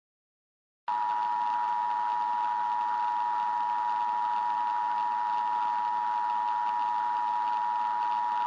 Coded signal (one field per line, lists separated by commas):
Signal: Emergency Alert System (SAME) tones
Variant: 853 and 960 Hz attention tone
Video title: EAS Scenario #9: Hot Jupiter